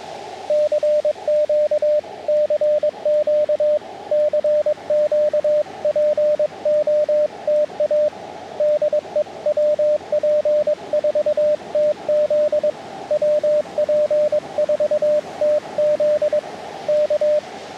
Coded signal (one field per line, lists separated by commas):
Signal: Morse code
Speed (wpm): 22 wpm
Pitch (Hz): 600 Hz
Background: radio noise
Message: CQ CQ CQ POTA DE WP4TZ WP4TZ K